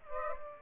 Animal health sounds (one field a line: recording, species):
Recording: mosquito wingbeat signal from an infrared sensor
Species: Aedes aegypti